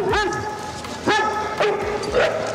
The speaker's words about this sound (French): Allez, viens ici. Allez, viens, mais qu'est-ce qu'il y a, mais qui est con ce chien là ?